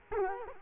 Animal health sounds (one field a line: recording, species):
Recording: mosquito wingbeat signal from an infrared sensor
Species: Culex quinquefasciatus